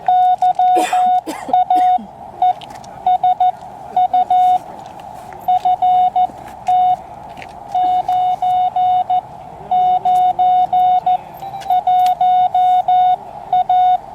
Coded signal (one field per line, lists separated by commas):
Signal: Morse code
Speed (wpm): 14 wpm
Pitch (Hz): 730 Hz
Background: none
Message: YAESU FT 991A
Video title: Hot RF Nights 2022: Sierra Foothills ARC's Annual Car (Radio) Show